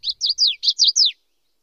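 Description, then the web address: Common yellowthroat song: a short burst of six high, downsweeping notes in quick rhythm, ending in silence. "Know Your Bird Sounds Common Western Species. Common Yellowthroat"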